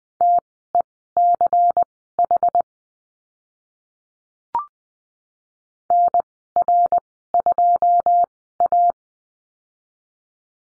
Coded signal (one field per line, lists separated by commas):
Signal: Morse code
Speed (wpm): 20 wpm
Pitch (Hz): 700 Hz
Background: none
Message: TECH NR2A